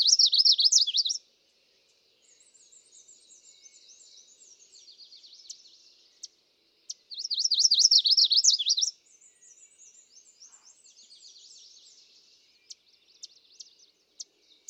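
Chestnut-sided warbler singing high, rapid zigzag trills of up-and-down notes, two songs about seven seconds apart, each followed by a fainter trill.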